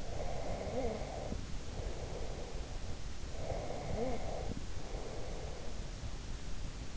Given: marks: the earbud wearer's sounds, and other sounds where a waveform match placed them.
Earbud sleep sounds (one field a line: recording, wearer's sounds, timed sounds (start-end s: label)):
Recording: sounds in sleep by an in-ear microphone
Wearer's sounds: breath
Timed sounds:
0.00-2.80 s: breath
3.23-6.06 s: breath